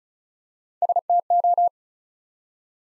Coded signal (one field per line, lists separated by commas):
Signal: Morse code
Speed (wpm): 35 wpm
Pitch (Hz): 700 Hz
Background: none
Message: STO